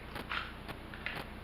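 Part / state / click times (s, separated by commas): pistol into a retention holster / not seated / none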